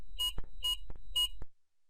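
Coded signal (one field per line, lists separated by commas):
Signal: beep code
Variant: DigiTrak F2 locating receiver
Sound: three short high-pitched electronic beeps evenly spaced, with button clicks between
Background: button clicks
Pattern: 3 short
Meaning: Three short beeps confirm a new HAG value has been set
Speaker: hold in to accept a check mark appears on screen followed by three short beeps new hack value has been set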